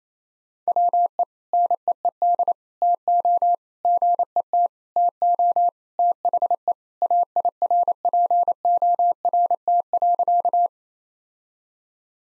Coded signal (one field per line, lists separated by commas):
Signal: Morse code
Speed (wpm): 28 wpm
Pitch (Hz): 700 Hz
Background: none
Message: WE NEED TO GET TO THE AIRPORT.